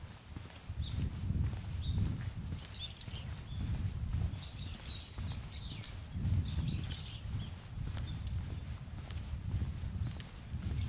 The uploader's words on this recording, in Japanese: 環境音 昨年の秋山。気温、天候、音、どれも心地よい。初めての秋の山でした。